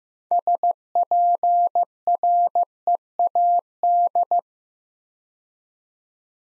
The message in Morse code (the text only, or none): SPREAD